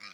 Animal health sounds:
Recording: pig call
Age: piglet (1 to 25 days)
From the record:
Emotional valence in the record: positive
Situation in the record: short reunion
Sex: female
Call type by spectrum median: high-frequency call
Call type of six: low-frequency tonal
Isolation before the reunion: 3 minutes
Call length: 0.14 s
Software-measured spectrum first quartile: 1917 Hz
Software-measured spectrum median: 2939 Hz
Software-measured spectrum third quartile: 4819 Hz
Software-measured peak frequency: 2232 Hz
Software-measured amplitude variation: 95 dB a second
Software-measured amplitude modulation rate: 14.2 a second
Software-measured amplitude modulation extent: 6.7 dB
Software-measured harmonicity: 0.4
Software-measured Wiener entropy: -1.29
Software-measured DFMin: 670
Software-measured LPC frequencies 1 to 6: 1263, 2340, 4038, 4580, 5207, 6027 Hz

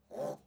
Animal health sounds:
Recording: pig call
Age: piglet (1 to 25 days)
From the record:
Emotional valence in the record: negative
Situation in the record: restrain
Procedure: back test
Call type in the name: low-frequency call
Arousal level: low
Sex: female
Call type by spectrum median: low-frequency call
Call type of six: low-frequency stable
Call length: 0.47 s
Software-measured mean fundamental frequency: 51 Hz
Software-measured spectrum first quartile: 456 Hz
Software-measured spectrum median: 576 Hz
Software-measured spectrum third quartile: 773 Hz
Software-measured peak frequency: 556 Hz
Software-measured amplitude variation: 202 dB a second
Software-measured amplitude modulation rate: 18.1 a second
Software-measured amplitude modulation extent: 11.1 dB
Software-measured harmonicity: 4.6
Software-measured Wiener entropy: -0.08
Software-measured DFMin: 1063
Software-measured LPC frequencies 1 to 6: 576, 3305, 4140, 5734, 6319, 7585 Hz

